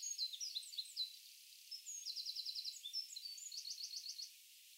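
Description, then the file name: Eurasian wren song of shrill, varied twitters with two quick rattling trills, high and energetic, with a constant hiss behind it. "Troglodytes troglodytes"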